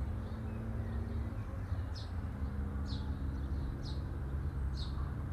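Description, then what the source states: Bird giving four crisp, falling chirps about a second apart in the second half, with a constant low engine-like rumble underneath. Recorded at midday.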